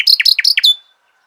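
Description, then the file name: Common nightingale giving a short phrase of a few quick, downward-slurred whistled notes in a rapid run, ending on a thin, fading high note. "Luscinia megarhynchos"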